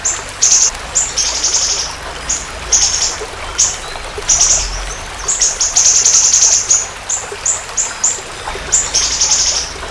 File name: siri siri